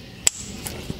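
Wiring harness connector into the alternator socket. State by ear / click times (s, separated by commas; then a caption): seated / 0.3 s. A plastic wiring harness connector is slid onto the socket on the back of the alternator of a 2005-2009 Ford Mustang GT and pressed down. A sharp, bright click sounds at 0.3 s, followed by a fainter tap near 0.7 s and a soft low thump near 0.9 s. The click confirms the connector is fully seated.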